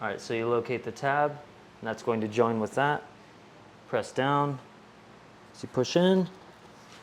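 Someone talks while the hose end of a shop vac is lined up with the plastic blower port at the rear of the power head, with the locking tab pressed down as the hose is pushed in. Only speech and a faint low background hum are heard, with no distinct handling noise. Nothing has seated or clicked yet; the clip ends before the hose locks home.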